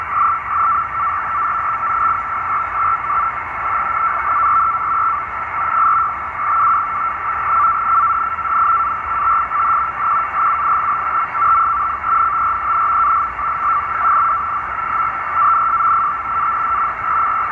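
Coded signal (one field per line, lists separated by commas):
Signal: NAVTEX (SITOR-B)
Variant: 100 baud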